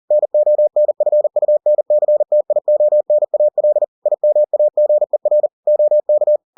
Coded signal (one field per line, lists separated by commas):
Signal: Morse code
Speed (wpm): 40 wpm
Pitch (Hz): 600 Hz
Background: none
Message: NONFUNCTIONAL IMAGER OK